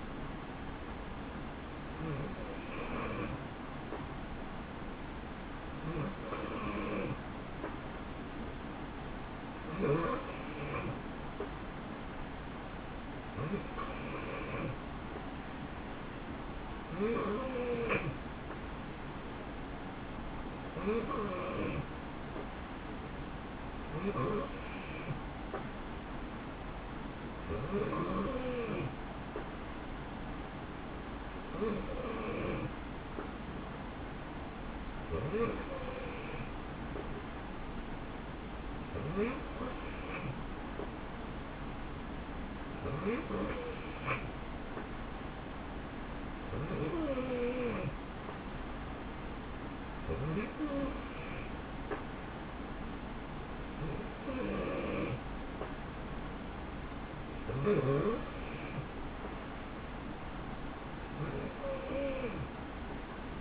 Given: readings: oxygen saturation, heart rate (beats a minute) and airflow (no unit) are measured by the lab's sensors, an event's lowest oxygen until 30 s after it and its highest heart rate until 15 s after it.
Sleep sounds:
breathing in sleep by a voice recorder at the bedside; none
none scored
From the record:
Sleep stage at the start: N3 (deep sleep); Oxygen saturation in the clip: 90 to 91%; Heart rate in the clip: 60 to 69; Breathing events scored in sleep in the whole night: 160 in 9.3 hours asleep

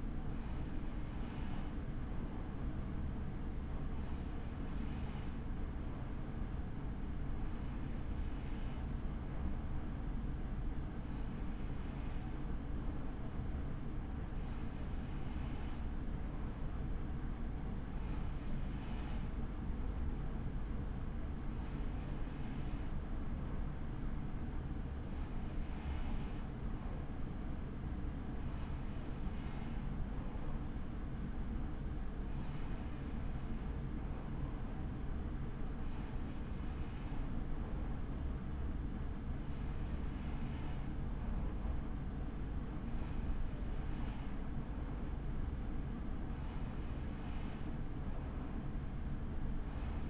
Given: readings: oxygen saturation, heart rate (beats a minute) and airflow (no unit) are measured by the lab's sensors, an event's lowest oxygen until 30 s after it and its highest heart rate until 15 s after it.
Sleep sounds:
breathing in sleep by a smartphone at the bedside; none
none scored
From the record:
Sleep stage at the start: N3 (deep sleep); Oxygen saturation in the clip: 94%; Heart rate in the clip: 37 to 62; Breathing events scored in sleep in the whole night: 83 in 6.1 hours asleep

